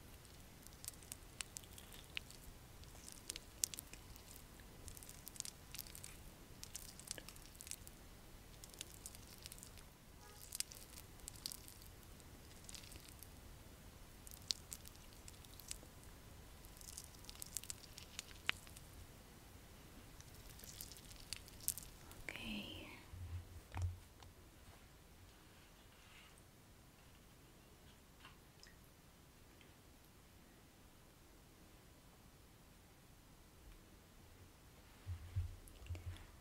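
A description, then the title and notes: A spa facial and scalp massage with soft rubbing and crackly touches, busy in the first twenty seconds, then quieter with occasional bumps. ASMR Natural Spa Facial Treatment & Scalp Massage.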